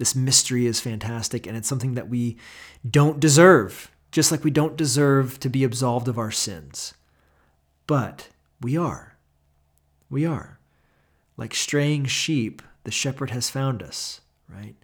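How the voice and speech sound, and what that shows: Adult male pastor preaching, with stretched vowels, long silent pauses and a repeated phrase, marking stuttering disfluency; he has a stutter and a speech impediment.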